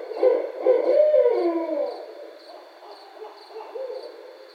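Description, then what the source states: Barred owl giving a burst of harsh, excited hoots and cackles that fades into softer, broken hooting, with a faint steady high hum behind. Recorded 9 May 2012.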